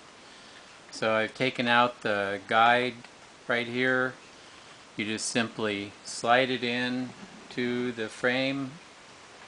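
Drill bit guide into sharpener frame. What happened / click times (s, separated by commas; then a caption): The part is being handled and has not seated yet / none. Someone talks while handling the removed Chicago Electric high speed steel drill bit guide of a Harbor Freight multi-purpose electric sharpener, sliding it toward the sharpener's frame over a steady low hiss. The clip ends before the guide snaps down; nothing has seated or clicked yet.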